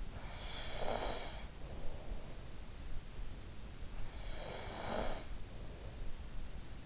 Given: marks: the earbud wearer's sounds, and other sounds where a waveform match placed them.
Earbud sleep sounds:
sounds in sleep by an in-ear microphone; breath
0.00-2.00 s: breath
4.00-6.23 s: breath

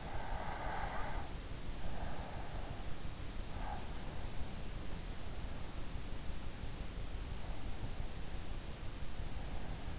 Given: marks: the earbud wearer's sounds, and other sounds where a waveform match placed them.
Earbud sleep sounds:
sounds in sleep by an in-ear microphone; breath
0.00-3.22 s: breath

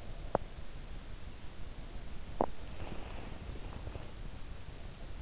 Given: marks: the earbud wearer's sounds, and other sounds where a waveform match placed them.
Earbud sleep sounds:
sounds in sleep by an in-ear microphone; teeth grinding, breath
0.25-0.65 s: teeth grinding
2.14-2.71 s: teeth grinding
2.71-4.20 s: breath

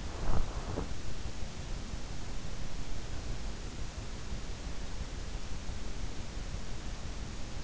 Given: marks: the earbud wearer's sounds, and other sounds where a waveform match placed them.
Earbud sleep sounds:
sounds in sleep by an in-ear microphone; body movement
0.05-1.53 s: body movement

